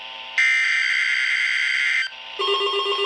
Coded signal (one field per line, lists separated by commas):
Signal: Emergency Alert System (SAME) tones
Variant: header bursts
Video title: Required weekly test (EAS #89) ( KEC56 ) 7-22-20